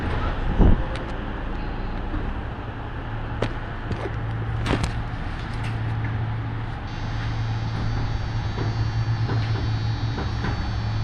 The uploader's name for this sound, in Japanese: 養老鉄道 揖斐→大垣→養老